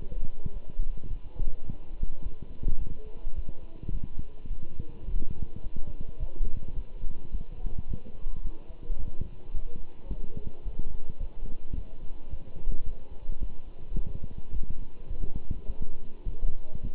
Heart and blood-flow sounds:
heart sounds by stethoscope; between the tricuspid and mitral areas; 107 bpm
0.53 s: heartbeat
1.09 s: heartbeat
1.67 s: heartbeat
2.23 s: heartbeat
2.80 s: heartbeat
3.35 s: heartbeat
3.92 s: heartbeat
4.49 s: heartbeat
5.06 s: heartbeat
5.63 s: heartbeat
6.19 s: heartbeat
6.75 s: heartbeat
7.32 s: heartbeat
7.88 s: heartbeat
8.43 s: heartbeat
8.98 s: heartbeat
9.53 s: heartbeat
10.09 s: heartbeat
10.64 s: heartbeat
11.19 s: heartbeat
11.75 s: heartbeat
12.30 s: heartbeat
12.85 s: heartbeat
13.40 s: heartbeat
13.96 s: heartbeat
14.52 s: heartbeat
15.09 s: heartbeat
15.67 s: heartbeat
16.25 s: heartbeat
16.82 s: heartbeat
From the record:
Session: walking at 3.7 km/h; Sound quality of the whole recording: good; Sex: male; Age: 24 years

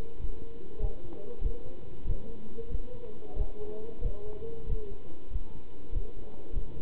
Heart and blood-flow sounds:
heart sounds by stethoscope; between the tricuspid and mitral areas; 95 bpm
0.19 s: heartbeat
0.80 s: heartbeat
1.42 s: heartbeat
2.05 s: heartbeat
2.70 s: heartbeat
3.37 s: heartbeat
4.02 s: heartbeat
4.67 s: heartbeat
5.31 s: heartbeat
5.93 s: heartbeat
6.54 s: heartbeat
From the record:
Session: pedaling a stationary bicycle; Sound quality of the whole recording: good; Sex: male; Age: 27 years

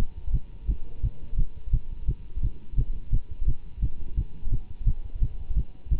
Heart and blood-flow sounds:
heart sounds by stethoscope; between the tricuspid and mitral areas; 172 bpm
0.32 s: heartbeat
0.67 s: heartbeat
1.02 s: heartbeat
1.37 s: heartbeat
1.72 s: heartbeat
2.07 s: heartbeat
2.42 s: heartbeat
2.76 s: heartbeat
3.11 s: heartbeat
3.46 s: heartbeat
3.81 s: heartbeat
4.16 s: heartbeat
4.51 s: heartbeat
4.85 s: heartbeat
5.20 s: heartbeat
5.55 s: heartbeat
5.90 s: heartbeat
From the record:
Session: Bruce protocol treadmill stress test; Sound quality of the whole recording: good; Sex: male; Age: 24 years

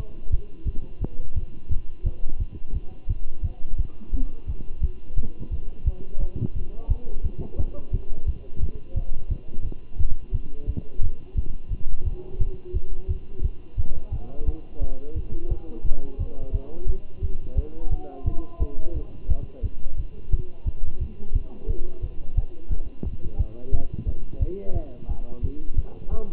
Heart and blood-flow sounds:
heart sounds by stethoscope; between the tricuspid and mitral areas; 174 bpm
0.31 s: heartbeat
0.65 s: heartbeat
1.00 s: heartbeat
1.35 s: heartbeat
1.70 s: heartbeat
2.04 s: heartbeat
2.39 s: heartbeat
2.74 s: heartbeat
3.08 s: heartbeat
3.42 s: heartbeat
3.77 s: heartbeat
4.12 s: heartbeat
4.47 s: heartbeat
4.81 s: heartbeat
5.16 s: heartbeat
5.51 s: heartbeat
5.85 s: heartbeat
6.20 s: heartbeat
6.54 s: heartbeat
6.88 s: heartbeat
7.23 s: heartbeat
7.58 s: heartbeat
7.92 s: heartbeat
8.26 s: heartbeat
8.61 s: heartbeat
8.95 s: heartbeat
9.29 s: heartbeat
9.64 s: heartbeat
9.98 s: heartbeat
10.32 s: heartbeat
10.67 s: heartbeat
11.02 s: heartbeat
11.36 s: heartbeat
11.70 s: heartbeat
12.05 s: heartbeat
12.39 s: heartbeat
12.74 s: heartbeat
13.08 s: heartbeat
13.42 s: heartbeat
13.77 s: heartbeat
14.12 s: heartbeat
14.46 s: heartbeat
14.80 s: heartbeat
15.15 s: heartbeat
15.49 s: heartbeat
15.84 s: heartbeat
16.18 s: heartbeat
16.53 s: heartbeat
16.87 s: heartbeat
17.22 s: heartbeat
17.56 s: heartbeat
17.90 s: heartbeat
18.25 s: heartbeat
18.59 s: heartbeat
18.94 s: heartbeat
19.28 s: heartbeat
19.63 s: heartbeat
19.97 s: heartbeat
20.31 s: heartbeat
20.65 s: heartbeat
21.00 s: heartbeat
21.33 s: heartbeat
21.68 s: heartbeat
22.02 s: heartbeat
22.36 s: heartbeat
22.70 s: heartbeat
23.04 s: heartbeat
23.38 s: heartbeat
23.72 s: heartbeat
24.06 s: heartbeat
24.40 s: heartbeat
24.74 s: heartbeat
25.08 s: heartbeat
25.42 s: heartbeat
25.76 s: heartbeat
26.10 s: heartbeat
From the record:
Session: Bruce protocol treadmill stress test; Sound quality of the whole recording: good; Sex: male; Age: 23 years

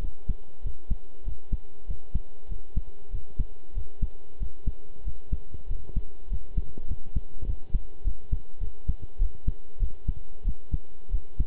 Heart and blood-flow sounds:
heart sounds by stethoscope; between the tricuspid and mitral areas; 97 bpm
0.61 s: heartbeat
1.23 s: heartbeat
1.86 s: heartbeat
2.47 s: heartbeat
3.10 s: heartbeat
3.73 s: heartbeat
4.37 s: heartbeat
5.03 s: heartbeat
5.66 s: heartbeat
6.27 s: heartbeat
6.87 s: heartbeat
7.45 s: heartbeat
8.03 s: heartbeat
8.59 s: heartbeat
9.18 s: heartbeat
9.78 s: heartbeat
10.43 s: heartbeat
11.10 s: heartbeat
From the record:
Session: pedaling a stationary bicycle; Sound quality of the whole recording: good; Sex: male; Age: 23 years

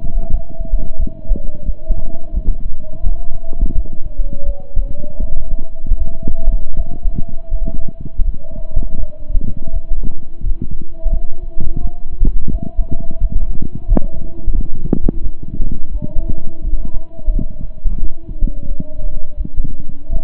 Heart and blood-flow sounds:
heart sounds by stethoscope; between the tricuspid and mitral areas; 85 bpm
0.28 s: heartbeat
0.96 s: heartbeat
1.63 s: heartbeat
2.31 s: heartbeat
3.01 s: heartbeat
3.73 s: heartbeat
4.43 s: heartbeat
5.18 s: heartbeat
5.96 s: heartbeat
6.74 s: heartbeat
7.49 s: heartbeat
8.22 s: heartbeat
8.96 s: heartbeat
9.71 s: heartbeat
10.41 s: heartbeat
11.10 s: heartbeat
11.79 s: heartbeat
12.49 s: heartbeat
13.18 s: heartbeat
13.85 s: heartbeat
14.52 s: heartbeat
15.20 s: heartbeat
15.89 s: heartbeat
16.62 s: heartbeat
17.30 s: heartbeat
17.98 s: heartbeat
18.65 s: heartbeat
19.35 s: heartbeat
20.07 s: heartbeat
From the record:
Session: slow and fast walking with breaks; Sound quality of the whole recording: saturated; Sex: male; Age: 25 years

